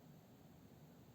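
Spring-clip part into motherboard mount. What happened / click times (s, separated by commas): Handled, not yet seated: no click / none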